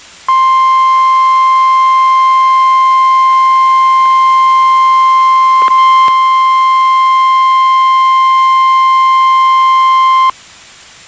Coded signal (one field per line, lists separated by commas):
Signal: Emergency Alert System (SAME) tones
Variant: 1050 Hz attention tone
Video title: Severe T'storm Warning (EAS #380)